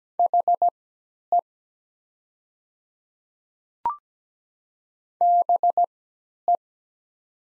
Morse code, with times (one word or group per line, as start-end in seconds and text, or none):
0.2-1.4 HE
5.2-6.6 BE